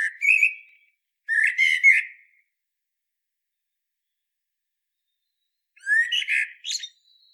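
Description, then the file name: Common blackbird giving three whistled, warbling phrases separated by pauses, in otherwise silent surroundings. "Turdus merula"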